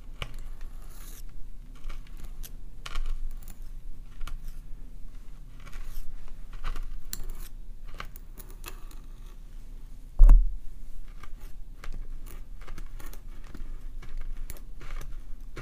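Scalp scratching and hair parting make irregular crisp clicks and rustles over a low steady hum, with one louder thump near ten seconds.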